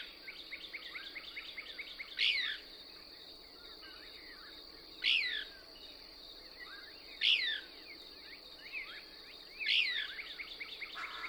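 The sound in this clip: Couch's Kingbird song: four strong, sharp swept notes spaced roughly every two and a half seconds above faint chattering calls and a steady high hum.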